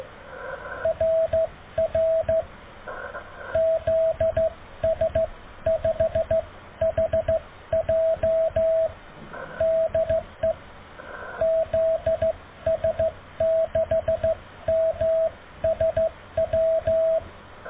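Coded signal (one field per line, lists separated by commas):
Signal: Morse code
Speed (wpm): 14 wpm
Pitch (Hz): 650 Hz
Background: radio noise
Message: RR ZS5HJ DE ZS6MSW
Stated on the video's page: Slow-speed QRS contact with a station 482 km away.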